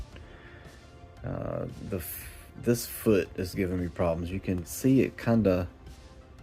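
Someone talks while handling the plastic foot of a McFarlane DC Direct Green Lantern action figure, working it in its ratchet ankle joint. Soft handling noise sits under the speech, and the foot has not clicked into place yet.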